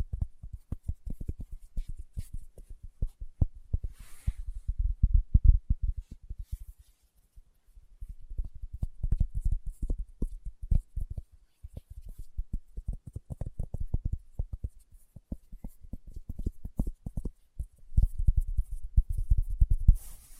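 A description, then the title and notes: Fingertips tap quickly and unevenly on a hard surface, a dense patter of soft, low knocks. The tapping comes in bursts with brief pauses around seven seconds and near twelve, then resumes just as busily until the end. ASMR Tapping with Fingertips (No Talking).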